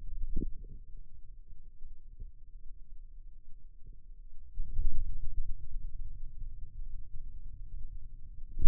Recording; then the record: forearm muscle sounds (acoustic myography)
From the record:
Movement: ulnar deviation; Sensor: system 2, bracelet of six BSWA MPA416 microphones around the upper forearm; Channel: 6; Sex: male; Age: 22 years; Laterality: right